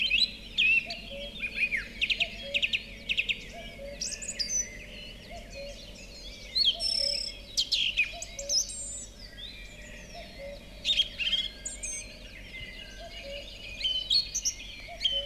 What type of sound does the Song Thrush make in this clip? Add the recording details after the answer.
song. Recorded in the wild. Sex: male. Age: adult. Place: Villach, Kärnten, AT. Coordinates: 46.6, 13.85. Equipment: Uher 4100 Report-V, Sennheiser MKH 804. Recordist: Brunner, Thomas. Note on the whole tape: 1972 in Warmbad im Talboden aufgenommen